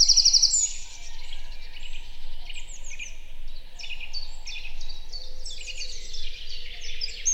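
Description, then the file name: Eurasian wren, a brief very high rattling trill at the start, then a busy mix of chirps and whistles from several birds. "Troglodytes troglodytes"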